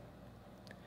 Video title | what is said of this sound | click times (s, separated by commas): Most Stylish Case for the iPhone 6? - Moshi iGlaze Armor - In-depth Review | I usually go volume buttons first and just snap into place. | 0.7 s